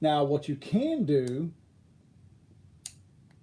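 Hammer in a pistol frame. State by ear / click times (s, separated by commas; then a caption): partly seated / 2.9 s. Someone talks, then the metal hammer in a pistol frame is pulled back only as far as the first notch. A single short, sharp click is heard at 2.9 s as the hammer reaches that first notch.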